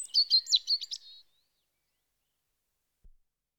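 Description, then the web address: European robin song, a brief burst of high twittering notes followed by silence and a faint low knock. Recorded in spring. "BBC Sound Effects Library. Robin (Erithacus Rubecula) Spring"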